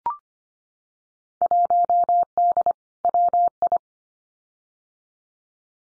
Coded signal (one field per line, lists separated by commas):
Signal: Morse code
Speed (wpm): 25 wpm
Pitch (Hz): 700 Hz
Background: none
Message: 1D WI